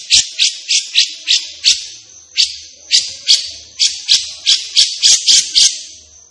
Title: Cucak Jenggot Gacor. Cucak Jenggot Emosi Untuk Masteran